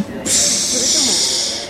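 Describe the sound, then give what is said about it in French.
A 230 J steam locomotive lets out a loud, steady hiss of steam that starts abruptly and holds for over a second, while a child's voice is heard faintly underneath. “K15-voix d'enfant, witchou, witchou, plus 230 J à vapeur.”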